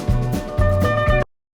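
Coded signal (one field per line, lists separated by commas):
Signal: none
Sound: music beeps in background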